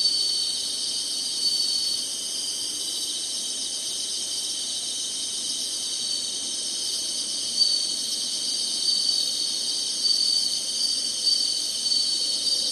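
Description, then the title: Dense insect chorus, an even high-pitched shrilling with gentle rises in volume now and then. Singing, in summer. "SINGING INSECTS SUMMER"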